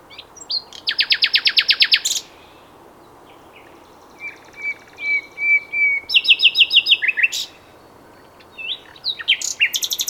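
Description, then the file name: Common nightingale singing varied phrases, with bursts of rapid buzzy repeated notes, a long level whistle, another fast rattling series and closing chirps. "Luscinia megarhynchos"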